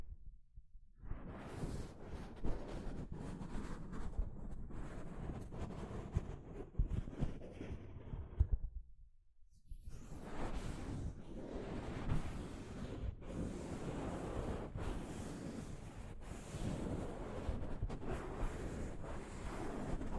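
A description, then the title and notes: Soft fabric brushes across a microphone in a dense, rough rustling that sounds a bit like surf or wind. The scraping starts after a second, runs to about 9 seconds, drops out briefly, then returns fuller and brighter until the end, with uneven strokes throughout. ASMR Mic Brushing using Soft Fabric (No Talking).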